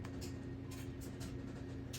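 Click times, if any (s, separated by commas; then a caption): none. A snap pin is held and lined up with the hole in the rear drive gear and axle of an RC Mustang car before being pushed home. A steady low hum runs throughout, with a soft tick at 0.05 s and a few faint, brief handling rustles. Nothing has seated or clicked yet.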